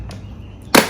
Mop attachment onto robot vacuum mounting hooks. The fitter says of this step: Nah, udah terpasang. Dua-duanya suara gini klik. Ya, klik.